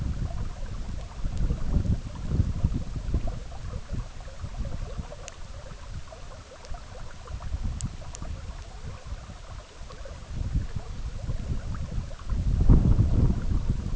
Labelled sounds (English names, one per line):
none